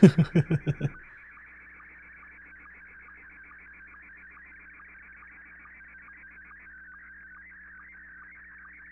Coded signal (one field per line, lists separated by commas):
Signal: SSTV (slow-scan television)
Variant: Scottie 1